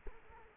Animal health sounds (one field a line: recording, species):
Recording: mosquito wingbeat signal from an infrared sensor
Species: Culex quinquefasciatus